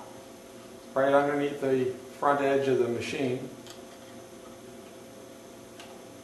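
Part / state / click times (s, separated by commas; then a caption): SD card into the card slot on a long-arm quilting machine / seated / 5.8 s. An SD card, held with its brass contacts facing back, is pushed up into the card slot at the front edge of an INNOVA long-arm quilting machine to install Lightning Stitch software. Someone talks for the first few seconds, then a quiet stretch follows. One soft click at 5.8 s marks the card seating in the slot.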